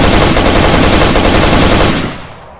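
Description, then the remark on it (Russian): A long, unbroken burst of automatic rifle fire, loud and rapid, rattling for about two seconds as a man who has fallen empties a full magazine into the floor and wall, then cutting off into a fading echo. “Он упал, нажал на спуск и уже лежа высадил в пол и по стене весь магазин.”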